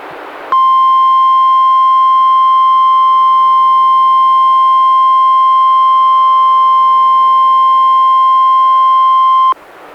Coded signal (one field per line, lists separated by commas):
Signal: Emergency Alert System (SAME) tones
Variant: 1050 Hz attention tone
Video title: EAS #123-127: 5 NWR Required Weekly Tests- Aug. 17-Sep. 14, 2016